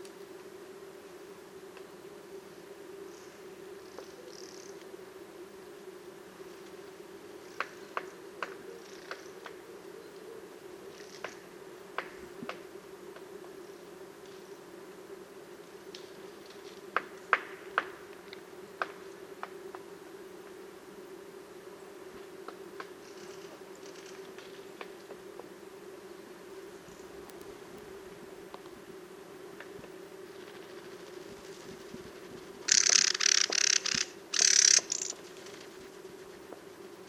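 Birds call on a sunny morning over a steady, low droning hum that runs the whole time, like an aircraft. Scattered short, sharp chirps come between roughly 7 and 20 seconds, and a loud, bright burst of birdsong breaks in near 33 seconds.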